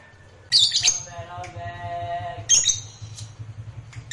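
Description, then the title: Lovebird calls: harsh high squawks at intervals, with a harmonic tonal sound between them and a low hum throughout. Fighter lovebird. "Begitu Dengar Suara Lovebird FIGHTER NGEKEK PANJANG"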